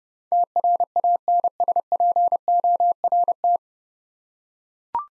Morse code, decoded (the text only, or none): TRANSPORT